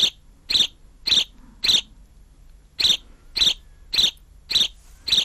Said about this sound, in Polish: No, zdradzę, że to jest wróbel. To jest wróbel domowy, passer domesticus.